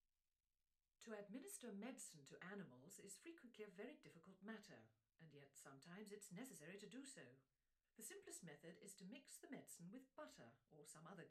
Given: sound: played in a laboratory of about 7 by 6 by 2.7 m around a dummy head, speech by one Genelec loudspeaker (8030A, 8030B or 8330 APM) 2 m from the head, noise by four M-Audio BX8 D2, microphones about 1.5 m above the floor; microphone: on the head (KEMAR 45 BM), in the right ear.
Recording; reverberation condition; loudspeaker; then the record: female speech in English; low; 150 degrees to the right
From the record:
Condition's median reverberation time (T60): about 310 ms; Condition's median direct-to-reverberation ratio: about 3.5 dB